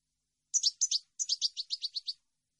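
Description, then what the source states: European goldfinch song phrase: two doubled high chirps, then a quick series of about eight similar twittering notes, ending abruptly. Clean goldfinch song meant for birds to copy, for song training.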